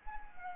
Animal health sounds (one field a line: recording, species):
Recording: mosquito wingbeat signal from an infrared sensor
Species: Anopheles gambiae